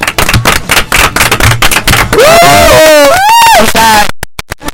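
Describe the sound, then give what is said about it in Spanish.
Loud, dense applause from a crowd greeting a representative, with a shrill whistle or cheer rising and falling over the clapping in the middle, thinning to a few scattered claps at the end. “Bueno, también quiero saludar con un fuerte aplauso a nuestro representante”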